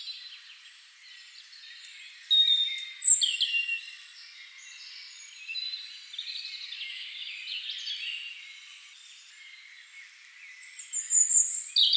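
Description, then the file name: European robin song, a run of high, liquid warbling phrases with thin whistles and short trills, louder bursts near the start and end. "Erithacus rubecula"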